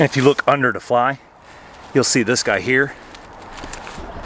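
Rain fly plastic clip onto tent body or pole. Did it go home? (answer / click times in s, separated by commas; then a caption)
yes / 3.7 s. Someone talks while, under the rain fly of an REI Co-Op Quarter Dome SL 1 tent, the fly's plastic clip is pushed onto the tent body. One short, sharp snap at 3.7 s shows the clip has seated, holding the fly in place.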